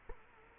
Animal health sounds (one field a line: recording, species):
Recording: mosquito wingbeat signal from an infrared sensor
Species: Culex quinquefasciatus